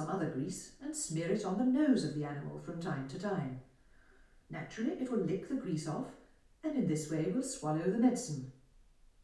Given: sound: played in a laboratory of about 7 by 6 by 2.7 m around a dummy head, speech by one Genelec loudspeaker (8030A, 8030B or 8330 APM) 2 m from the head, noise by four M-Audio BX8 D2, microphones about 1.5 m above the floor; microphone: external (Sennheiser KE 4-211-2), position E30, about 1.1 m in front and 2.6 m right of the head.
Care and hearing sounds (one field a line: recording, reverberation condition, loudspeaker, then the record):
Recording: female speech in English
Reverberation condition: medium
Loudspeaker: behind (180 degrees)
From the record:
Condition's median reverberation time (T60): about 510 ms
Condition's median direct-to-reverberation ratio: about -0.5 dB